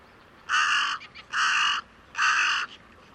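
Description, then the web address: Bird giving three harsh, buzzy caws, each about half a second long, spaced under a second apart over a quiet background. "cianscape. Deverinetal 2025. Bird Only"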